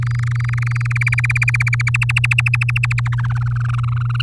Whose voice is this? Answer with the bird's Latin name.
Serinus canaria